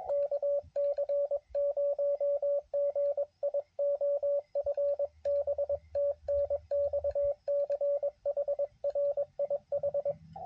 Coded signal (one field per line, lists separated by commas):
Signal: Morse code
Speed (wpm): 21 wpm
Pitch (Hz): 560 Hz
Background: radio noise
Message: KC0GIO FB TNX CHRIH